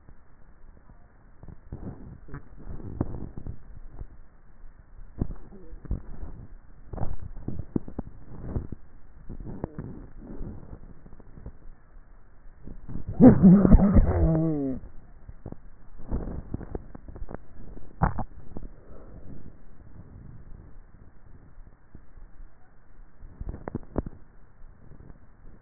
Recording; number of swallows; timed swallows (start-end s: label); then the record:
swallowing sounds by neck microphone; 3
1.78-3.25 s: swallow
5.58-6.52 s: swallow
9.65-10.85 s: swallow
From the record:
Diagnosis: dysphagia